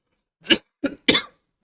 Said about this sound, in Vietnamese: Sorry anh em nhé, tự nhiên ho quá.